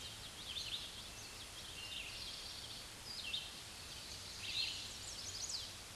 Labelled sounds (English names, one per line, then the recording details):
Red-eyed Vireo song
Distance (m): 45 m
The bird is about 15 m above the microphone
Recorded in a Pennsylvania forest on 16 May 2024 at 06:43
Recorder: AudioMoth, point MSD-0814
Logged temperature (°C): 15.8 °C
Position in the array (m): 164 m, 72 m